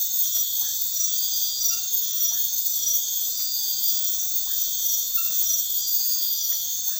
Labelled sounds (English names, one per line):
none